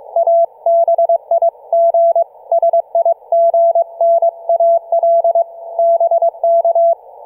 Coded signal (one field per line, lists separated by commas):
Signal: Morse code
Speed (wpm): 22 wpm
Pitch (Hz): 670 Hz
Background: none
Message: A BIG SIGNAL BK